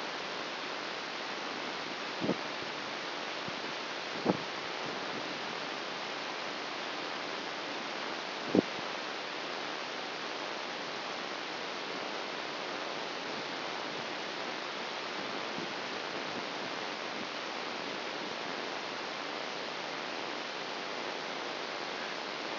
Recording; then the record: brain microelectrode recording played as sound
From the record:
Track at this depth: outside the subthalamic nucleus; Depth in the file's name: 5.898 mm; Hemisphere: left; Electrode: 3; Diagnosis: Parkinson's disease